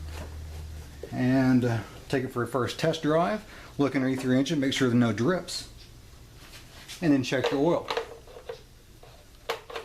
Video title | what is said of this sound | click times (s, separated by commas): Ford F250 7.3 liter International diesel engine oil change. DIY | That's on there good. Make sure it clicks. | 9.5 s